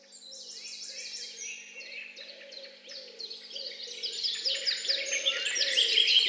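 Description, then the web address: Bird chorus starting softer and growing louder, high overlapping chirps and trills, with a low pulsing sound repeating beneath. Morning birdsong. "utrennie pesni ptic"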